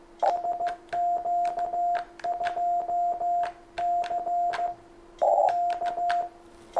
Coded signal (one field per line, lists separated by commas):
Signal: Morse code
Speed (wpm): 15 wpm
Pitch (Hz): 700 Hz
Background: none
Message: SQ2C K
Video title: Dzień Morse'a! Pierwsze QSO - Alfred DF6RI #cw #ham #radio